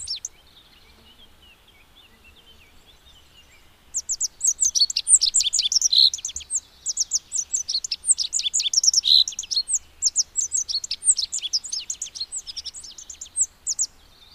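Rock bunting delivering a long, hurried stream of thin high notes for about ten seconds after a quieter start.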